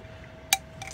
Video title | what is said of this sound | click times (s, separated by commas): How To: Strip, Clean and Rebuild an RC Nitro Engine | there we are you heard it click into place and that's done so make sure it's pushed into it's position here | 0.5 s